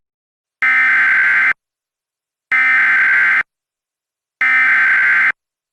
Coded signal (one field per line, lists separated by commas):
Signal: Emergency Alert System (SAME) tones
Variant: header bursts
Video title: EAS Reenactment Mock: SVR for Jim Hogg, TX and Zapata, TX (w/ IPAWS & EMnet) - 05/03/2019